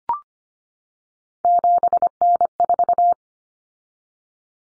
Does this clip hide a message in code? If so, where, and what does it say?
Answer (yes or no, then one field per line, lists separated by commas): yes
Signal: Morse code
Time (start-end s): 1.4-3.1 s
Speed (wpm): 25 wpm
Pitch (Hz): 700 Hz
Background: none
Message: 7N4